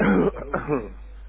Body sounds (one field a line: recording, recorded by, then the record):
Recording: voluntary cough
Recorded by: telephone call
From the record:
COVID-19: positive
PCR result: checked with the laboratory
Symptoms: no